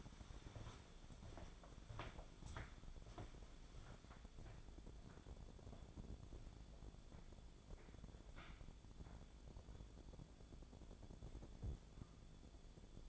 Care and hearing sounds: daily activity, microphone in the room; walk to room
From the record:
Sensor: 5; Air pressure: 1000.0 hPa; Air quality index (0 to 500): 89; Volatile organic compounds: 1 ppm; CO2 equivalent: 731 ppm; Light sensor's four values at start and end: 394/953/409/465 and 394/981/411/463

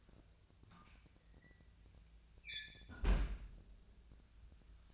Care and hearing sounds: daily activity, microphone in the room; close fridge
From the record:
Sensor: 2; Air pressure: 1009.6 hPa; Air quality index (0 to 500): 183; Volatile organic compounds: 11 ppm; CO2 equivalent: 2287 ppm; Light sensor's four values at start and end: 26/64/28/30 and 26/64/28/30

